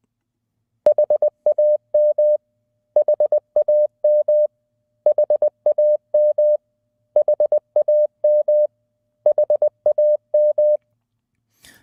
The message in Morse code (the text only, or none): HAM HAM HAM HAM HAM